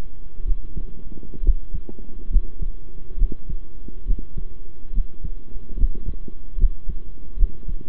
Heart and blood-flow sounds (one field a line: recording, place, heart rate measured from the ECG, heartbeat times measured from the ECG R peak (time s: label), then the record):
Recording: heart sounds by stethoscope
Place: between the tricuspid and mitral areas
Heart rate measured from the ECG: 69 bpm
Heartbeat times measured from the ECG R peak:
0.45 s: heartbeat
1.42 s: heartbeat
2.30 s: heartbeat
3.17 s: heartbeat
4.05 s: heartbeat
4.93 s: heartbeat
5.77 s: heartbeat
6.57 s: heartbeat
7.36 s: heartbeat
From the record:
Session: rest, sitting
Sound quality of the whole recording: good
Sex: male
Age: 23 years